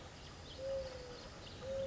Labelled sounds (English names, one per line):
Mourning Dove